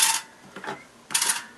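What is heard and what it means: A spent 12 gauge shotshell sits at the first (decapping) station of a reloading press, and as the handle is pulled down the pin pushes the old metal primer out of the brass base. A bright burst opens the clip, faint mechanical movement follows around 0.6 s, and a sharp clunk comes at 1.2 s. The spent primer is knocked out and confirmed gone.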